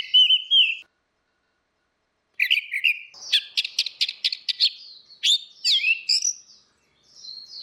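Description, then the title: Orange-headed thrush singing a varied run of whistled notes, including a rapid series of short, sharp repeated notes, after a brief opening phrase and pause. "Burung Anis Merah"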